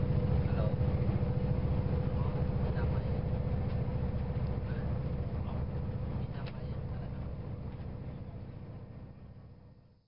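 Inside a train carriage, a dense low rumble with a fast, regular clatter runs steadily, joined by a faint constant whine. Muffled voices murmur underneath, and the whole sound slowly fades toward the end.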